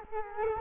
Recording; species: mosquito wingbeat signal from an infrared sensor; Culex quinquefasciatus